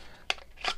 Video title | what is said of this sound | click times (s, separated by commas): BOBERG XR9S / BOND ARMS BULLPUP 9 IWB KYDEX HOLSTER | you get that Kydex snap this one's pretty loose | 0.3 s